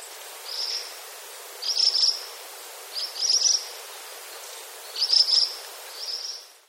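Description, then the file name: Ashy minivet calls: several high, thin metallic trills, some louder than others, over a faint steady hiss. "sansho"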